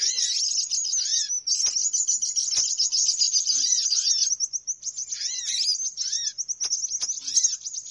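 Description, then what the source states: Birds in a busy chattering chorus of high squeaky chirps, with repeated curved whistle notes below and some short breaks. Noisy bird lure call for attracting birds.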